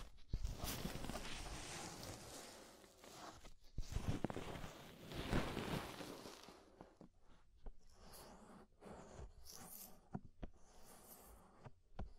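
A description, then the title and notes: Ear scraping gives dense, gritty rasping strokes through the first seven seconds, then thins into sparser scratches, taps and brief bright swishes. Inner and Outer Ear Scraping (No Talking).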